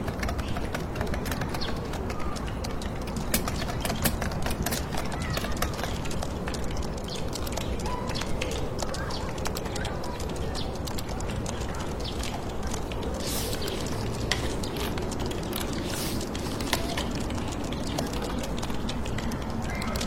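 Fingertip typing: quick, irregular clicks tap along the whole time, sometimes in short bursts, sometimes spaced out. Underneath sits a steady, dense hiss of urban white noise with a low rumble that stays level throughout.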